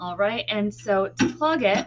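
A pop-up drain stopper in a kitchen sink drain is about to be pushed down to plug the sink before it is filled. Someone talks throughout the clip, and no distinct handling sounds stand out. The clip ends before the stopper goes down, so nothing has seated or clicked yet.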